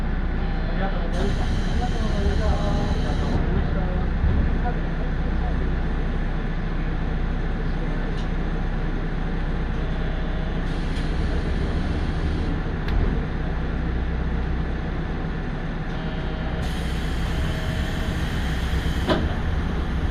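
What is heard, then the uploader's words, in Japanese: A Tarumi Railway train runs from Morera Gifu toward Tarumi with a steady heavy rumble, brief high whines rising three times, and occasional clicks. 樽見鉄道 モレラ岐阜→樽見。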